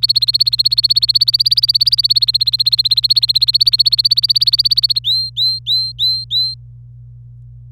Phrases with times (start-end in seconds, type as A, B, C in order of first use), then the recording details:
0.00-4.99 A, 5.04-6.54 B. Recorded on 26 April 2018 at 12:28. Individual llb3